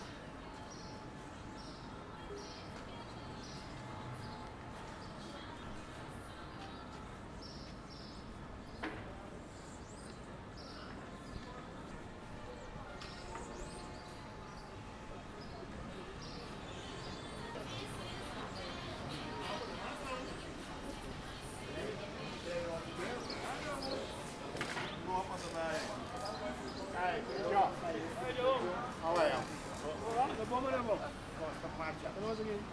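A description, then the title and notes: Walking around Willemstad, Curacao: a low steady street hum carries murmured voices and scattered clicks, growing busier and louder after twenty seconds. Walking Around Willemstad Curacao.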